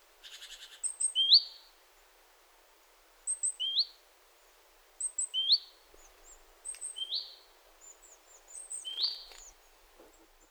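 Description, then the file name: Great tit call phrases: a pair of very high thin notes then a sliding lower buzz, repeated at irregular intervals over faint background hiss. "Parus major"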